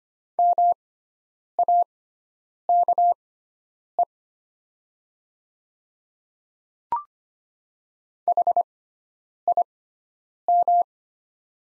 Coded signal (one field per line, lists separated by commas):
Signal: Morse code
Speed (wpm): 25 wpm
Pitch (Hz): 700 Hz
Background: none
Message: MAKE HIM